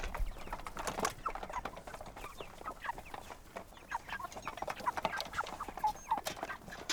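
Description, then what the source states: Chickens giving soft clucks over steady pecking and rustling noises as several birds feed. Chickens eating on a goat farm.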